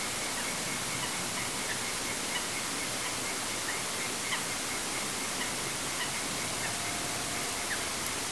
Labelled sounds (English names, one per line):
Eurasian Coot